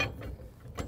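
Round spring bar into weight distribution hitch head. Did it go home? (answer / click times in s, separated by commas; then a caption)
no / none. A round steel spring bar is being maneuvered into a weight distribution hitch head, with low rumbling handling noise and brief metallic knocks near the start, around 0.2 s and around 0.8 s. The bar has not locked into place yet; nothing has seated or clicked.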